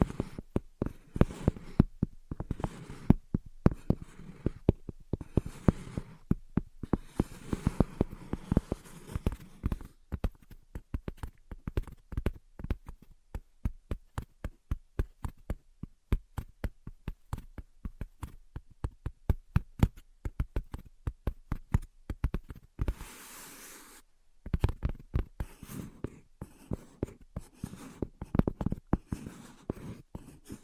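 Quick, sharp tapping and scratching, dense and busy for the first ten seconds with a rough scraping texture between taps. The taps then thin into a looser, fairly even patter, broken near 23 seconds by a brief bright hiss before tapping resumes.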